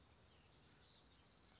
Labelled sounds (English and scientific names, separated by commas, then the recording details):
House Wren (Troglodytes aedon)
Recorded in Sonoma County, California